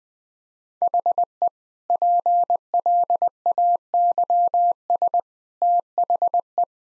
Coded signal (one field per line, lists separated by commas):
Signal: Morse code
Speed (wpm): 21 wpm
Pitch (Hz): 700 Hz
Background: none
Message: HE PLAYS THE